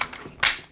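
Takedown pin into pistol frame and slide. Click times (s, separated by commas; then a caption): 0.4 s. The reinserted takedown pin of a small Ruger LCP pistol is pushed home into the frame and slide during reassembly, and it clicks into place at 0.4 s with a sharp, bright snap. Two fainter taps come just before it, and no one talks in the clip. The pin is seated, and the weapon is fully reassembled.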